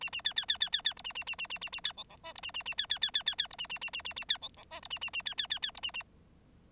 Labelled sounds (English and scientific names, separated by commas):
Bengalese Finch (Lonchura striata domestica) song